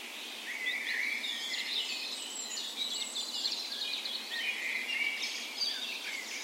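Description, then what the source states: Birds (dawn chorus): many birds singing together in a dense dawn chorus, bright whistled phrases and twittering trills overlapping without pause over faint hiss. Dawn chorus in spring on the morning of 17 May, Norway's National Day, in a park west in Bergen, Norway; Sony PCM A10 recorder with LOM micro Usi mics as tree ears.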